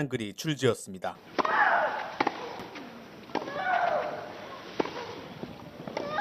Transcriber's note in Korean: 녹취: 테니스 경기 현장음